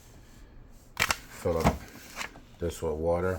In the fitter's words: The filter you have has to go on here. It just pops right in.